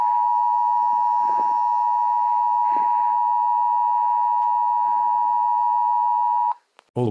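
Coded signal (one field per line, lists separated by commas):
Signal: Emergency Alert System (SAME) tones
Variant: 853 and 960 Hz attention tone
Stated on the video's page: Fictional EAS scenario.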